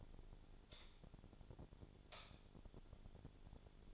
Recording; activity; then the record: daily activity, microphone in the room; light on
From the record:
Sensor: 5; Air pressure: 1009.9 hPa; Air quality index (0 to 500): 159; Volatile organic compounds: 4 ppm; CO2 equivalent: 1545 ppm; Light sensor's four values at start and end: 196/495/205/220 and 196/496/205/221